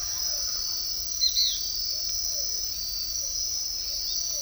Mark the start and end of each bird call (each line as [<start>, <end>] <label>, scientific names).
[0.00, 1.04] Ortalis guttata
[1.19, 1.57] Synallaxis albescens